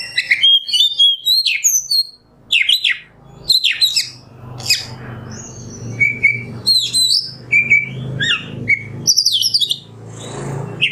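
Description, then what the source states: Oriental magpie-robin song of rapid whistles, trills and harsh notes over a low hum. Kacer masteran (tutor song for training songbirds) in the nembak song style.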